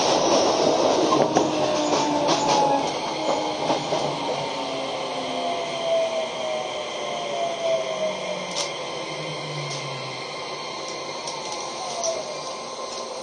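A Keio 5000 series train hums along with steady hiss, a motor whine sliding down in pitch, and early clicks, gradually quieting.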